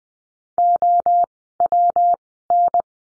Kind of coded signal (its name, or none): Morse code